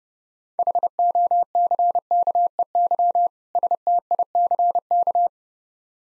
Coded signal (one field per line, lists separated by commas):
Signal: Morse code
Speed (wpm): 32 wpm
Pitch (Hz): 700 Hz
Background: none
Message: HOCKEY STICK